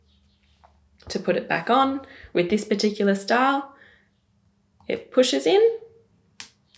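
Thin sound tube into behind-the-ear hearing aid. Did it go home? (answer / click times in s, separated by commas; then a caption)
yes / 6.4 s. Someone talks while a thin plastic sound tube is pushed back onto the body of a behind-the-ear hearing aid. After a short quiet pause, a sharp little click is heard at 6.4 s as the tube seats all the way in.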